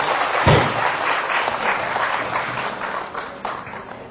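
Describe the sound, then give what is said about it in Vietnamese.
A crowd at a Buddhist dharma talk applauds steadily to thank the teacher, Venerable Thích Pháp Hòa, at the start of the session, many hands clapping in a dense, even wash that begins with a louder thump and gradually tapers off toward the end. “Xin quý vị trong một tràng pháo tay để cảm ơn thầy nhiều nữa là thầy có mặt hôm nay như là Phật.”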